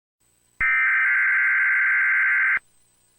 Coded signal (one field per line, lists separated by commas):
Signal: Emergency Alert System (SAME) tones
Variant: header bursts